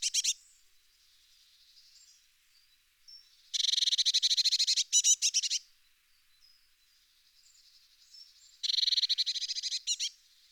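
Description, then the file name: Eurasian blue tit churring in several bursts of fast, harsh, buzzy notes, separated by quiet pauses with faint high chirps. "pimpelmees"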